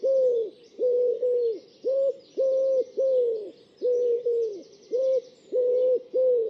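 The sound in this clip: Bird call: soft, hooting coo-like notes given in a series, many in six and a half seconds, some paired, with faint high chatter behind.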